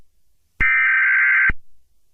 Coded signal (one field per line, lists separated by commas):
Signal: Emergency Alert System (SAME) tones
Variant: header bursts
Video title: Eas scenario the creature that took out the entire world